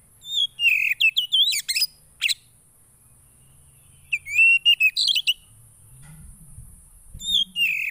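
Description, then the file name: Oriental magpie-robin song in three bursts of sharp whistles and buzzy rising notes separated by pauses, with a steady high hiss and faint low rumbling. Song played to provoke a caged Oriental magpie-robin into an excited response. "Burung kacer anda langsung emosi dengar ini"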